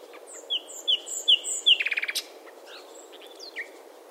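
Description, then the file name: Common nightingale song: four piping whistles breaking into a fast, dry rattle, then quieter varied notes. "Luscinia megarhynchos"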